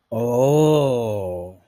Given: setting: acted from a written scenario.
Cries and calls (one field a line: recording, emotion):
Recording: vocal sound without words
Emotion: realization